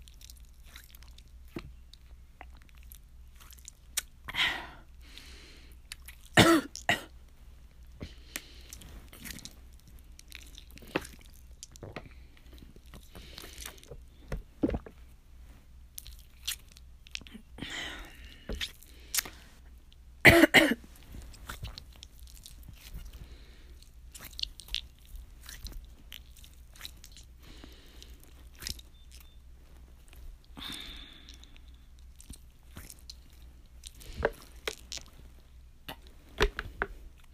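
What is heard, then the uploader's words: A stress ball is squeezed while water is sipped, giving irregular squishes, wet clicks and small crunchy crackles scattered through the recording. Two sharper, louder bursts stand out around 6 and 20 seconds, over a faint steady low hum. In this clip I squeeze a stress ball and drink water at the same time.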